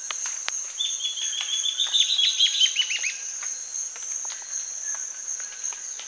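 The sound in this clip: Bird calling once with a rapid run of clipped notes that rises slightly then slides lower, while an insect buzzes steadily and high throughout.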